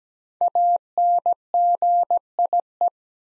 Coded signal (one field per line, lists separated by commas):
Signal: Morse code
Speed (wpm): 17 wpm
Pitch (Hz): 700 Hz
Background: none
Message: ANGIE